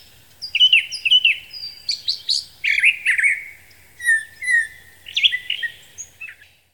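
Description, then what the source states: Brown thrasher song: a rapid series of varied, slurred whistled phrases and chirps, some given in pairs, high and clear against a quiet background. Nominate subspecies Toxostoma rufum rufum.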